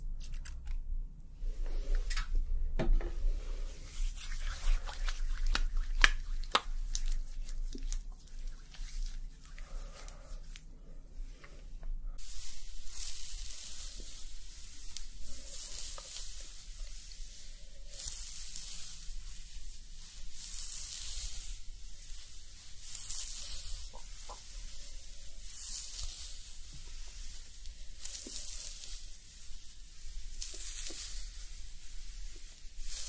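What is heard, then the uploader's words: A scalp massage and hair wash, opening with crisp, irregular crackles and snips of fingers working through hair for about twelve seconds. Then a steady, foamy hiss of lather takes over, bright and dense, swelling in slow waves with occasional soft pops. ASMR Scalp Massage and Hair Wash Treatment Roleplay for Sleep foamy scalp layered sounds.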